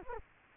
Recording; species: mosquito wingbeat signal from an infrared sensor; Culex quinquefasciatus